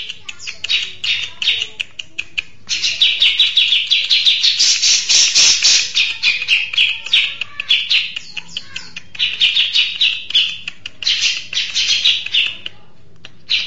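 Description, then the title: Mixed birds in a lively chorus, sharp clicks and ticks followed by long stretches of shrill, rapid chirping with brief gaps between bursts. "Burung Campur2"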